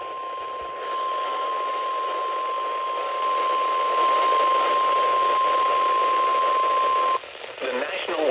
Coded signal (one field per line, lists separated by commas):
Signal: Emergency Alert System (SAME) tones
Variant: 1050 Hz attention tone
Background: speech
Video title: September Storms: EAS Alerts From 9/6/25 (EAS #5819-5853)